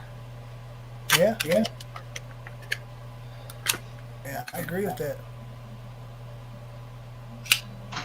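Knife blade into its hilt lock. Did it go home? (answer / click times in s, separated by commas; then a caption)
yes / 7.5 s. An 11-inch knife blade is fitted into its hilt and locks in place with one sharp click at 7.5 s, after a few fainter taps and handling noises. Someone talks over a steady low hum earlier in the clip.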